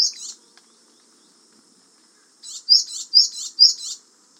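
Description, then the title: Japanese tit call: a high chirp at the start, a quiet gap, then a series of sharp, high two-part notes in quick succession. "suara burung gelatik batu jepang"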